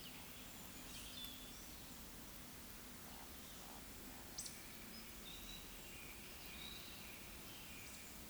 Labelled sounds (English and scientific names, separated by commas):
Eurasian Woodcock (Scolopax rusticola) whistle, Eurasian Woodcock (Scolopax rusticola) croak